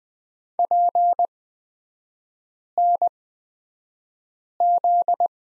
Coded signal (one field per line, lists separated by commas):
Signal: Morse code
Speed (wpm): 20 wpm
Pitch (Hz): 700 Hz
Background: none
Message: PNZ